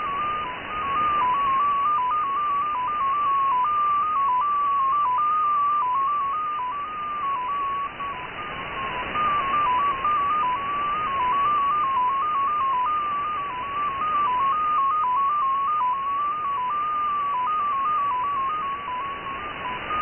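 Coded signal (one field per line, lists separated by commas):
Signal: numbers station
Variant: XPA2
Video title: XPA2 16338 USB 10-14-2018 1500z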